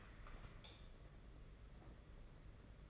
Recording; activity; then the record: daily activity, microphone in the room; light on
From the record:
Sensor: 4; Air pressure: 992.7 hPa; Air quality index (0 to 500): 170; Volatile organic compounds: 265 ppm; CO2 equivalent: 4399 ppm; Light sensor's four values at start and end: 4/8/3/3 and 4/8/3/3